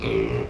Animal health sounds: contact call of a hoofed animal; pig; closed-mouth grunt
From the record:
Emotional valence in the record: negative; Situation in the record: short social isolation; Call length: 0.49 s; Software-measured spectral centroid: 1640 Hz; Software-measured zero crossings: 1290 a second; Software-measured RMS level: -24 dBFS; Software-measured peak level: -11 dBFS

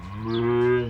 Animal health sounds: contact call of a hoofed animal; cattle; low-frequency (closed-mouth) or high-frequency (open-mouth) call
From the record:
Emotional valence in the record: negative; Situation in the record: full separation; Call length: 0.90 s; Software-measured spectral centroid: 1310 Hz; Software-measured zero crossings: 910 a second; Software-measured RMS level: -23 dBFS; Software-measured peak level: -13 dBFS

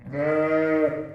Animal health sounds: contact call of a hoofed animal; sheep; low-frequency (closed-mouth) or high-frequency (open-mouth) call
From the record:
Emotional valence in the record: negative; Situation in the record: short social isolation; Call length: 1.15 s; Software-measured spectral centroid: 1150 Hz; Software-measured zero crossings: 1230 a second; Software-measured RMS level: -23 dBFS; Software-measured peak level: -11 dBFS

